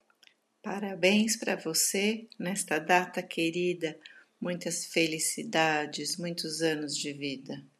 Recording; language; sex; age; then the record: short text; Brazilian Portuguese; female; 50 to 59 years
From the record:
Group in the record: control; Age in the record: 51 years